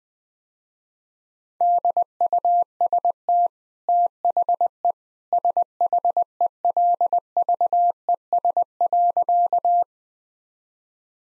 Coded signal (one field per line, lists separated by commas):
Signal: Morse code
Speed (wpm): 20 wpm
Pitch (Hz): 700 Hz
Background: none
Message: DUST THE SHELVES.